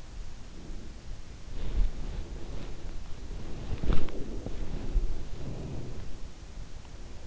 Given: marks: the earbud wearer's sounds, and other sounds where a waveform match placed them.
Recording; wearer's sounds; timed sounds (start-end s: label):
sounds in sleep by an in-ear microphone; breath, body movement
0.39-1.08 s: breath
1.51-5.26 s: body movement
5.36-6.19 s: breath